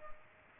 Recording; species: mosquito wingbeat signal from an infrared sensor; Aedes aegypti